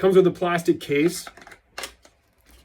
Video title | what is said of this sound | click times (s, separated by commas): What’s in the Kit? | locks in place | 1.8 s